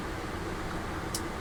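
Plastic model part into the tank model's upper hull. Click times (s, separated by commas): 1.2 s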